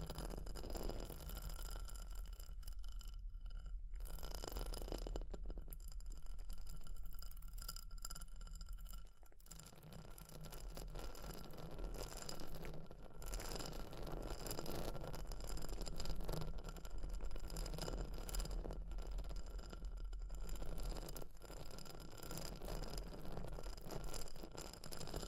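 Fire crackling with a steady low rumble underneath and a dense, continuous bed of small pops and crackles. Sharp tapping and scratching clicks break through irregularly, clustering around 3–9 seconds and again near 20 seconds, while the overall loudness stays fairly even.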